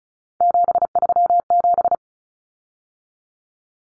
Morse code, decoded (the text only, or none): 737